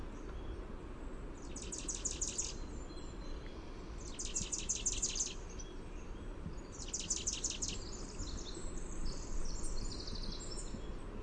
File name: CBCH gargle